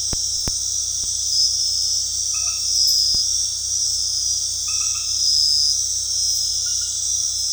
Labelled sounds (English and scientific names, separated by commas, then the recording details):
none
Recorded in dense forest near Puerto Asís, Putumayo, Colombia, on 19 February 2024 at 22:00
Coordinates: 0.485, -76.322
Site G6406